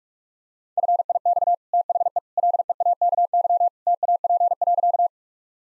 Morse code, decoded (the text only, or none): FIX THE LEAKY TAP.